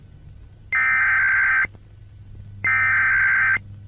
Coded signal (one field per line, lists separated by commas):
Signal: Emergency Alert System (SAME) tones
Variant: header bursts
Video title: Philippine EAS Scenario - Glitch Flood (PT 2)